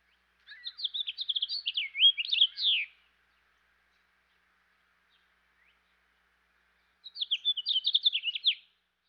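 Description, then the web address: House finch singing a lively, tumbling warble of quick chirps and down-slurred notes for about two and a half seconds, then a shorter, similar burst after a pause of about four seconds. Eastern North America. "Dan Gibson Wildlife Identification By Sound, Eastern North America Pt 2. House Finch"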